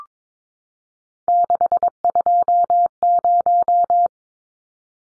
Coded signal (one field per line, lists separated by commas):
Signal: Morse code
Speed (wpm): 22 wpm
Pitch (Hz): 700 Hz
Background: none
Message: 620